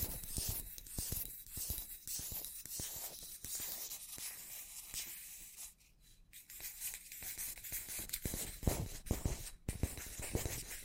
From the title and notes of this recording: Scratchy Tapping on 4 Matte Objects Plastic, Glass, Cardboard, Metal (NO TALKING).